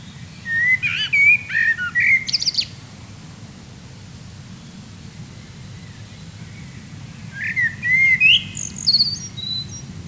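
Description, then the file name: Common blackbird singing two fluted, warbling phrases, each rising and falling before a high scratchy twitter, separated by several seconds of quiet over a low hum. "Turdus merula"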